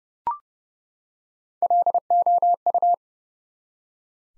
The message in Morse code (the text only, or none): LOU